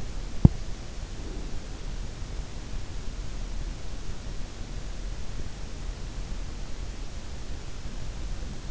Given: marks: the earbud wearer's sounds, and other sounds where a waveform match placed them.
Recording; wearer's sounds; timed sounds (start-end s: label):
sounds in sleep by an in-ear microphone; teeth grinding, breath
0.18-0.61 s: teeth grinding
1.05-1.80 s: breath